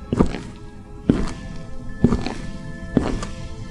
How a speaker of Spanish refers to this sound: Tan pronto vuelvo a escuchar sus pisadas sobre el suelo de madera.